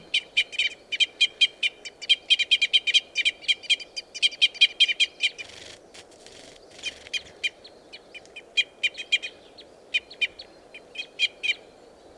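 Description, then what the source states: Red crossbill chip calls in a dense, rapid run of sharp notes, easing into more spaced single and paired calls, with steady low background noise throughout. Red crossbill call type E.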